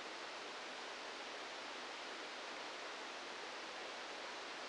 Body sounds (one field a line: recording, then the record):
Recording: brain microelectrode recording played as sound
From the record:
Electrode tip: outside the subthalamic nucleus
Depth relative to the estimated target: -8 mm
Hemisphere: right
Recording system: NeuroSet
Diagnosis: Parkinson's disease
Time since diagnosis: 15 years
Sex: female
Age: 59 years